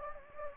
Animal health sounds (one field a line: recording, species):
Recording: mosquito wingbeat signal from an infrared sensor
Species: Anopheles gambiae